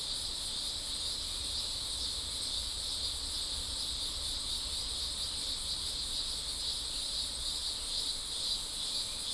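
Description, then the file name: Insect chorus, an unbroken high-pitched hiss-like trilling in layered bands, faintly pulsing, over a low background hum. "mainly insect"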